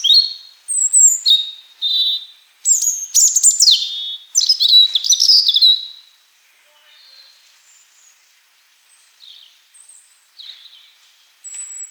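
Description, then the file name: European robin song: a rich sequence of high, sweeping whistles and fast trills in several bursts, then quieter, scattered thin notes. "Erithacus rubecula"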